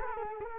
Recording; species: mosquito wingbeat signal from an infrared sensor; Culex quinquefasciatus